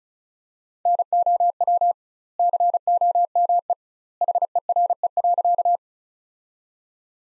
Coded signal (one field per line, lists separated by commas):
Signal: Morse code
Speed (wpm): 36 wpm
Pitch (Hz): 700 Hz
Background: none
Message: NOW COME HERE.